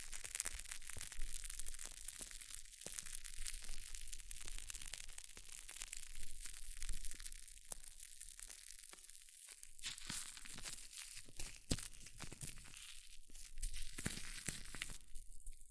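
Hair mousse fizzes in a dense, steady hiss of tiny crackling pops that fills the whole clip. Sharper crisp snaps break through now and then, around 3, 10, 12 and 14 seconds, over a faint low rumble underneath.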